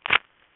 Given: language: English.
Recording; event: throat vibration sensor signal played as sound; throat clearing